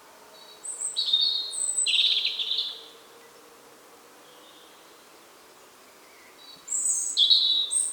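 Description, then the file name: European robin song: a high warbling phrase of thin whistles and quick trills, a pause of several seconds, then another phrase starting with a piercing high note. "Erithacus rubecula"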